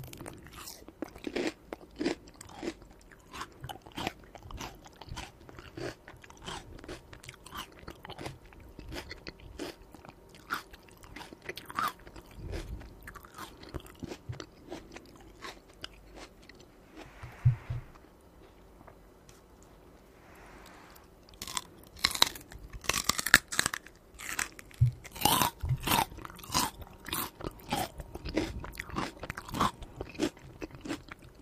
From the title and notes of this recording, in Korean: 샐러리를 맛있게 먹어볼게요. 아삭아삭.